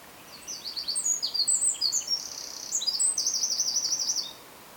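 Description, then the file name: Eurasian wren singing a sustained, energetic stream of very high notes, mixing quick chips with fast rattling trills for about four seconds before stopping. "Troglodytes troglodytes"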